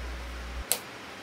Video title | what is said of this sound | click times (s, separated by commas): Steering Wheel Restoration - Cracked Steering Wheel Repair | Replace the tip by pushing it in until it snaps | 0.7 s